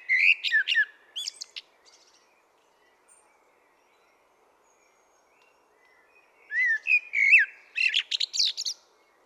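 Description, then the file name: Common blackbird singing two phrases of mellow, slurred whistles that break into squeaky high flourishes, with a long silent gap between them. "Turdus merula"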